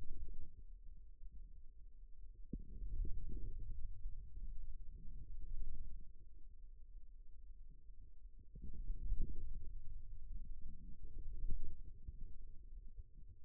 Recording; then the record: forearm muscle sounds (acoustic myography)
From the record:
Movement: wrist extension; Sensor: system 2, bracelet of six BSWA MPA416 microphones around the upper forearm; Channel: 5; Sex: male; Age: 22 years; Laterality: right